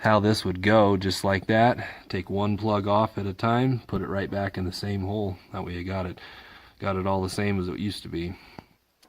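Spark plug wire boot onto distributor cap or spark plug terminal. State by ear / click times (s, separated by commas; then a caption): not seated / none. During ignition service on a Bobcat M-610, spark plug wire boots are handled one at a time as they are moved onto the new distributor cap and spark plug terminals. Someone talks almost the whole time, with two faint, brief sounds near the end at about 8.6 s and 9.0 s. Nothing has seated or clicked yet.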